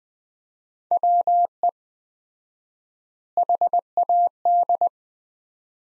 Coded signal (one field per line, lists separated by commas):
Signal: Morse code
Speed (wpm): 21 wpm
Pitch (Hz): 700 Hz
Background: none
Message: WE HAD